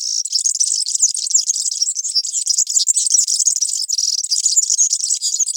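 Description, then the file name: European serin sings a continuous, very high, fast jangling twitter of tinkling and buzzy notes without a break. "Girlitz"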